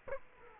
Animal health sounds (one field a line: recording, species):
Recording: mosquito wingbeat signal from an infrared sensor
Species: Culex quinquefasciatus